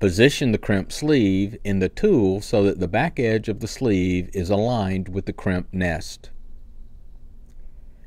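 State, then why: Not seated. A metal crimp sleeve is placed in a crimp tool die and lined up so its back edge meets the crimp nest, before the handles are squeezed. Someone talks for about six seconds, followed by quiet with only two faint ticks near 7.5 and 8.0 seconds. Nothing has clicked yet.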